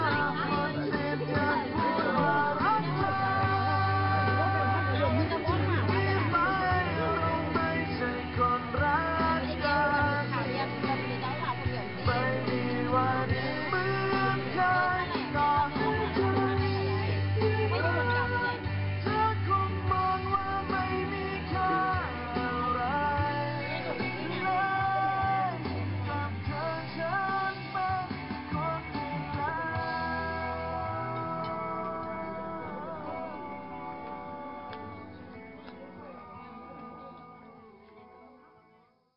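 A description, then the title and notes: Music plays at a small riverside restaurant, a steady, full recording with sustained low bass notes and layered melodic lines above that shift every few seconds. It stays at an even level for about thirty seconds, then fades gradually to silence by the end. Music playing in a small restaurant on the banks of the Nam Khan river during the later afternoon in Luang Prabang, Laos. Music at riverside restaurant.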